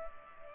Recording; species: mosquito wingbeat signal from an infrared sensor; Culex pipiens